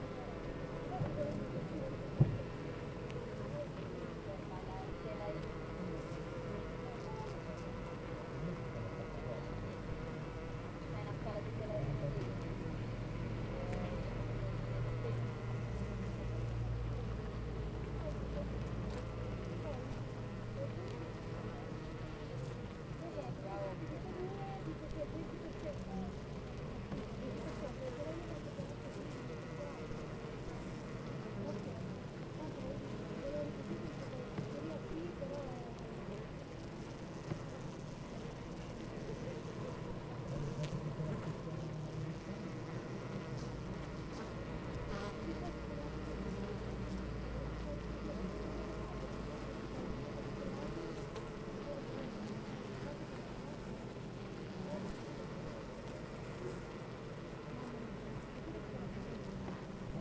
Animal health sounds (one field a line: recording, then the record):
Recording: honeybee colony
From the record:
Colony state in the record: active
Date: 28 July 2017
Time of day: 8:35